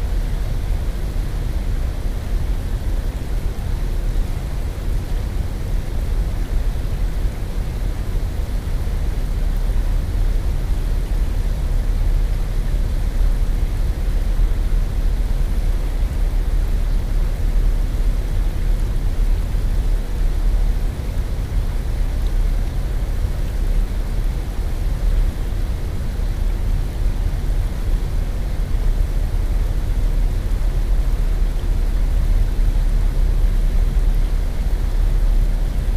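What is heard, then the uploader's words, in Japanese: Water pours steadily into a river, a constant rushing roar with no breaks or swells across the whole stretch. The sound is heaviest and densest in the low rumble, thinning toward a soft hiss above, and stays even throughout. 川の流れ込み音。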